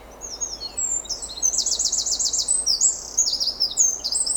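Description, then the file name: Eurasian wren song: fast, very high trills and bright whistled notes in a continuous energetic stream, with a rapid rattling trill in the middle. "Troglodytes troglodytes"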